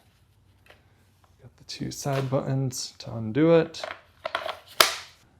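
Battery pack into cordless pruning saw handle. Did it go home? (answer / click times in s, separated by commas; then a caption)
yes / 4.8 s. A 2 Ah 24V max lithium-ion battery pack, showing one bar of charge, is pushed into the handle of a Kobalt 24V 6-inch cordless pruning chainsaw (KMCS1024A-03), which has two side release buttons. Someone talks, then the pack latches with a sharp plastic click at 4.8 s. The battery is seated and installed.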